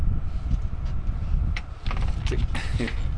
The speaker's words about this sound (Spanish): Otro helicóptero se acerca. Se acerca otro helicóptero, oigo.